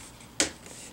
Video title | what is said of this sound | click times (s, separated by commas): HP 17-BS Laptop Screen Replacement Procedure | whole screen frame and snap off the bezel there | 0.4 s